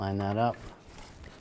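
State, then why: Not seated. Someone talks briefly while lining up a plastic wiring harness connector onto a component by the radiator during an A/C condenser replacement on a 1998-2010 Volkswagen Beetle. Only quiet, low handling noise follows. The connector has not seated or clicked yet.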